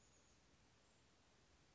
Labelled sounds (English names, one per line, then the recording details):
Chestnut-backed Chickadee
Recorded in Sonoma County, California